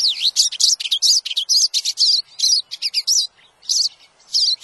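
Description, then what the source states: Pine Siskin flock calls: dense, high twittering chirps overlapping almost continuously, with brief gaps near the end where a few scattered notes continue. Flock of several individuals giving twittery calls resembling American Goldfinch, with a little rising trill; described as fairly typical.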